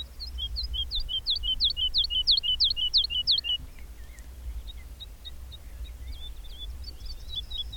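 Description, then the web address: Bird song: loud, sharply rising and falling whistled notes repeated about three times a second for several seconds, then softer, scattered notes over a low rumble. "madarak enek"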